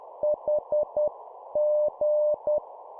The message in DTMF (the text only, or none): none